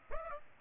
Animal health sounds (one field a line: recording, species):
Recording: mosquito wingbeat signal from an infrared sensor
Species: Aedes aegypti